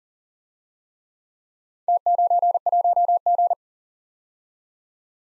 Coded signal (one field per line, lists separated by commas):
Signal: Morse code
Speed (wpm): 40 wpm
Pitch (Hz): 700 Hz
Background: none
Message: T91G